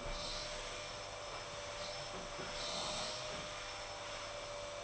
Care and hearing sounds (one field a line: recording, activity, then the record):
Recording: daily activity, microphone in the room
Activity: vacuum cleaning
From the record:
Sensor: 5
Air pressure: 988.8 hPa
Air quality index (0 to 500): 236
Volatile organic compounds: 200 ppm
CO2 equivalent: 4213 ppm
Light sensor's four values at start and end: 40/125/48/51 and 40/125/48/51